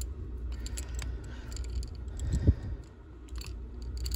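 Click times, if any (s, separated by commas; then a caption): none. A pistol slide stop is worked and finagled into a 1911 frame over the plunger, producing light metallic scrapes and small ticks, with a louder rubbing swell around 2.5 seconds. The clip ends before the slide stop drops in flush, and nothing has seated or clicked yet.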